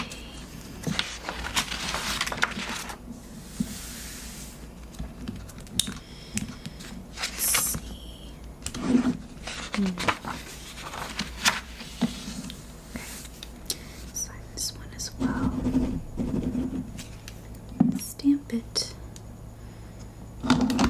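Paper handling and small desk sounds fill the recording: repeated rustles and crinkles, sharp taps and a few thumps, irregular and clustered rather than rhythmic. A faint low hum runs underneath, with short bursts of bright crackling near the start and around the fifteen-second mark.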